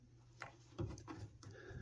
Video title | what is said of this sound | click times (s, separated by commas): Backup Camera Installation Nissan Frontier | they just snap in there, and that's it. | 0.4 s, 0.8 s, 1.0 s, 1.4 s